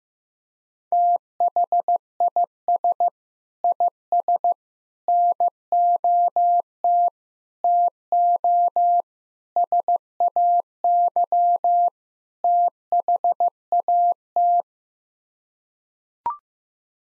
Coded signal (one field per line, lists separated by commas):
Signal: Morse code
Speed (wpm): 16 wpm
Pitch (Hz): 700 Hz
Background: none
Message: THIS IS NOT TO SAY THAT